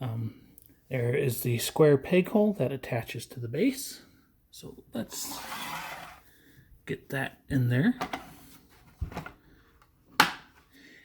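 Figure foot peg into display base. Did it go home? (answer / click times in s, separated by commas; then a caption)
yes / 10.2 s. Someone talks while pushing the square peg on the foot of a Yae Sakura Chinese dress figure tight into the matching square hole in its plastic display base. A single loud, sharp snap at 10.2 s marks the peg seating into place.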